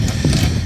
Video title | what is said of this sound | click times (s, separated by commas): Cheap Aluminum Radiator VS Stock - Which One is Better? | So it should just snap in. Should hear a nice positive click. | 0.3 s